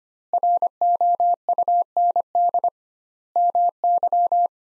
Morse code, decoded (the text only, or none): ROUND MY